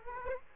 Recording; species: mosquito wingbeat signal from an infrared sensor; Culex quinquefasciatus